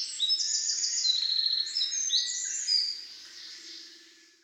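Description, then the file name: Eurasian wren giving a fast run of bright, high, clipped notes and short trills for about three seconds, then fading to softer twittering. "Troglodytes troglodytes"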